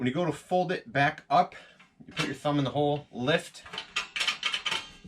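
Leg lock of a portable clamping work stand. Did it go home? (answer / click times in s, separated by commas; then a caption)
released / 4.0 s, 4.2 s. Someone talks while putting a thumb in the release hole and lifting to unlock the steel leg of a new Jawhorse portable clamping work stand so it folds back down. Metallic clunks are heard at 4.0 s and 4.2 s as the leg lock lets go, followed by a few lighter clanks. The leg lock releases.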